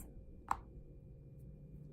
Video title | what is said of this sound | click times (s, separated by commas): Vaginal Applications: Topi-CLICK® Perl™ Dispenser and Vaginal Applicator | should hear or feel a snap of the applicator snaps into place | 0.5 s